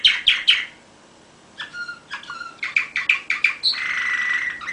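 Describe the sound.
Canary song: a few sharp chirps, a brief pause, then whistled notes and a quick trill ending in a sustained buzzy warble.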